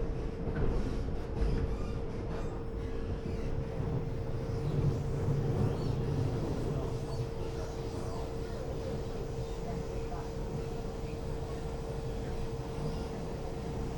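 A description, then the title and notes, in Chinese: A local express train runs between Nangang and Qidu, with a steady low rumble of the carriage throughout and a constant mid-pitched whine holding a single tone. Faint voices murmur underneath, and the rumble thickens briefly around the fifth second. 2042區間快車 南港-七堵。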